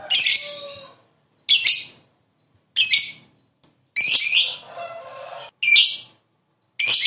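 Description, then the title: Lovebird squawks, several harsh high bursts with short silences between them, one burst trailing into a lower rasping tail. "Suara Lovebird"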